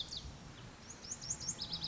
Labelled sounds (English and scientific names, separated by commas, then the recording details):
Lazuli Bunting (Passerina amoena)
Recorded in Sonoma County, California